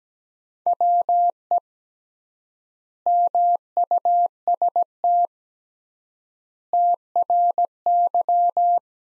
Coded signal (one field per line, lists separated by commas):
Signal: Morse code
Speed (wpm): 17 wpm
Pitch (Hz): 700 Hz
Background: none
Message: WE MUST TRY